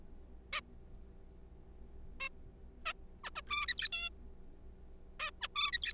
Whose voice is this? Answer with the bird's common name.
Zebra Finch